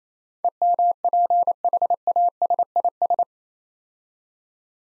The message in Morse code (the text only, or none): EMPHASIS